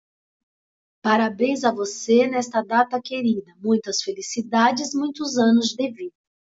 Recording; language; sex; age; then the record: short text; Brazilian Portuguese; female; 50 to 59 years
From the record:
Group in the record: control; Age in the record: 55 years